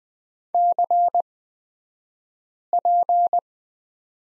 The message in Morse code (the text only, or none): CP